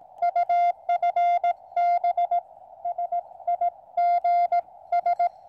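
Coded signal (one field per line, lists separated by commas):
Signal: Morse code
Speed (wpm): 17 wpm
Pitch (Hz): 700 Hz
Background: none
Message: UFB SIGS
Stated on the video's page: Small portable Morse radio used for camp radio on the 80 meter band.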